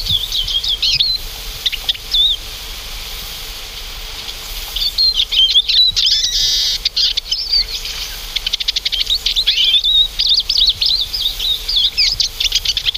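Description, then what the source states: Eurasian Siskin calls: a few wavering whistles, a quieter stretch, then a burst of dense overlapping high twittering from around five seconds onward. Small finch-family winter visitor that never moves alone and always forms flocks; call closely resembles the Oriental Greenfinch's but omits the greenfinch's 'chiriri' phrase.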